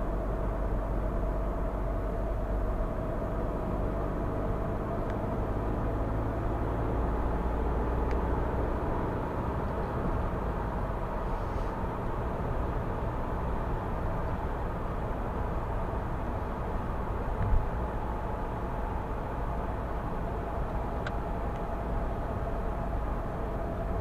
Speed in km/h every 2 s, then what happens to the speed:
67, 67, 74, 81, 87, 87, 84, 82, 81, 80, 79, 74.
2-8 speeds up to 87. 8-24 slows to 74.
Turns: none.